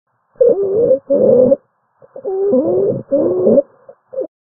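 Stridor in a child: repeated high-pitched, whistling inspiratory noise, a type of inspiratory wheeze that can be caused by airway obstruction, croup or epiglottitis and requires medical intervention, often quickly.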